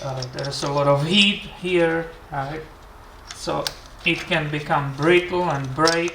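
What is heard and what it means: A brittle plastic electrical connector is handled over the ignition coil and spark plug assembly of a 2007 Toyota RAV4 while the spark plugs are being reinstalled, plastic that heat can make brittle enough to break. Someone talks throughout, with only faint handling sounds. Nothing has seated or clicked yet.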